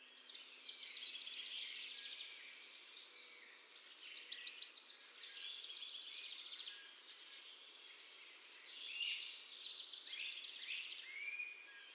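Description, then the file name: American redstart song: several short, high, sibilant phrases of rapid repeated notes, the loudest near four seconds. "Setophaga ruticilla"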